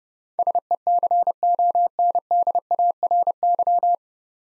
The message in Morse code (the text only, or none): SECONDARY